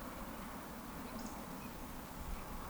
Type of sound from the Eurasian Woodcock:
whistle